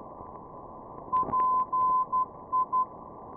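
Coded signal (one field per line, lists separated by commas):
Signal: Morse code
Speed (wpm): 11 wpm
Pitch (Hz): 1020 Hz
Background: radio noise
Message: PI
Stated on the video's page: Low-frequency beacons received on a Winradio Excalibur Pro with a Wellbrook loop antenna near Tampa, Florida.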